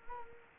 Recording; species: mosquito wingbeat signal from an infrared sensor; Culex quinquefasciatus